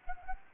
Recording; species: mosquito wingbeat signal from an infrared sensor; Anopheles gambiae